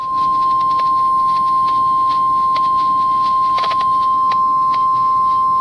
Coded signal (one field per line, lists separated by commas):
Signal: Emergency Alert System (SAME) tones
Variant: 1050 Hz attention tone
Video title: KWO-35 Required Weekly Test (EAS #1,242)